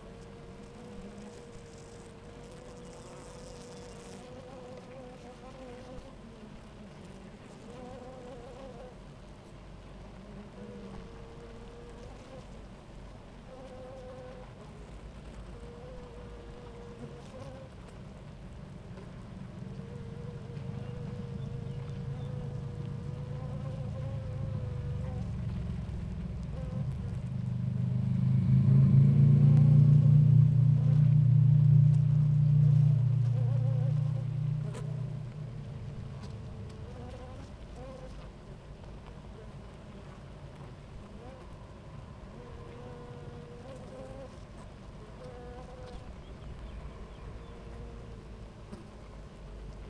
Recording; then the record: honeybee colony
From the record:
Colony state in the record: active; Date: 28 July 2017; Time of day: 11:48